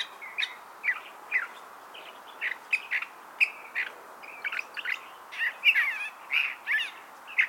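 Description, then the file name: California thrasher song of mixed chirps, slurred whistles and buzzy notes, delivered in quick succession, a few louder notes near the end, light background hiss. "Toxostoma redivivum - California Thrasher"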